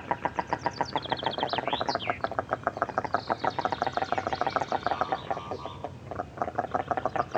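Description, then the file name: Goosander giving rapid, gravelly repeated notes throughout, while thin chirps and a short trill from other birds sound higher up. Recorded close to the bird. "Digiffects Sound Effects Library - Close Goosander Bird Version 2"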